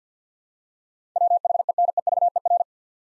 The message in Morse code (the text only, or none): WHENEVER